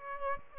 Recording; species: mosquito wingbeat signal from an infrared sensor; Aedes aegypti